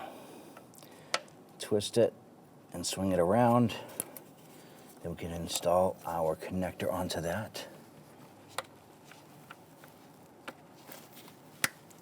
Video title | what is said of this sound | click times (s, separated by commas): How to Replace Lower Intake Manifold 2011-2021 Jeep Grand Cherokee 3.6L V6 | Press it on, you can feel it and hear it click into place. | 11.6 s